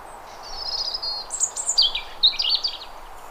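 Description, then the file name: European robin singing a short burst of high, sweet warbled notes and quick trills that jump between pitches, with soft background noise. "Erithacus rubecula"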